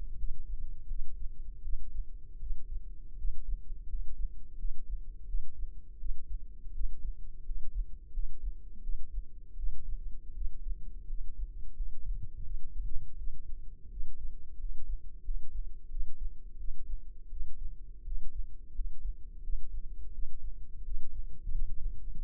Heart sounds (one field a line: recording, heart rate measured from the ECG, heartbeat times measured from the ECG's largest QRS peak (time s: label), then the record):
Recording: heart sounds by microphone in the left ear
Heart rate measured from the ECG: 85 bpm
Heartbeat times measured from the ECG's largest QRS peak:
0.16 s: heartbeat
0.87 s: heartbeat
1.61 s: heartbeat
2.38 s: heartbeat
3.15 s: heartbeat
3.86 s: heartbeat
4.56 s: heartbeat
5.25 s: heartbeat
5.97 s: heartbeat
6.72 s: heartbeat
7.43 s: heartbeat
8.11 s: heartbeat
8.80 s: heartbeat
9.55 s: heartbeat
10.33 s: heartbeat
11.06 s: heartbeat
11.73 s: heartbeat
12.42 s: heartbeat
13.15 s: heartbeat
13.88 s: heartbeat
14.56 s: heartbeat
15.22 s: heartbeat
15.88 s: heartbeat
16.56 s: heartbeat
17.28 s: heartbeat
18.03 s: heartbeat
18.72 s: heartbeat
19.41 s: heartbeat
20.10 s: heartbeat
20.82 s: heartbeat
21.49 s: heartbeat
22.15 s: heartbeat
From the record:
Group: healthy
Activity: cold pressor test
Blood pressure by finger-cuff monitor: 119/83 mmHg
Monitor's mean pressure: 95 mmHg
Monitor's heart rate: 83 bpm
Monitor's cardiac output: 6.4 L/min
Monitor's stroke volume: 76 mL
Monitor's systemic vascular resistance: 1100 dyn s/cm5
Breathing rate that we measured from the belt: 16 breaths a minute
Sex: male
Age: 21 years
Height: 180 cm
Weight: 67.5 kg